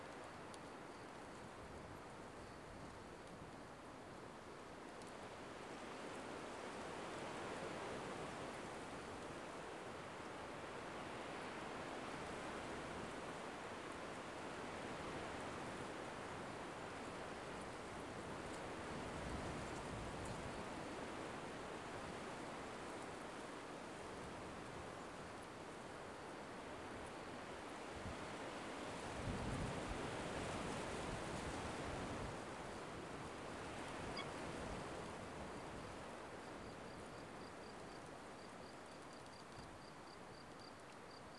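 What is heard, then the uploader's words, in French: Wind rushes high overhead in a steady, dense hiss, rising in slow gusts around 8, 19 and 30 seconds before easing back. A thin, faint whistle sometimes rides above the rush, and no other distinct sounds break through. Le chant des pierres des Dentelles de Montmirail et du vent qui passe haut.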